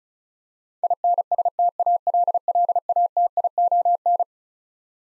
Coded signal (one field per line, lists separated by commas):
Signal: Morse code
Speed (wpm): 36 wpm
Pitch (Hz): 700 Hz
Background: none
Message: INSTALLATION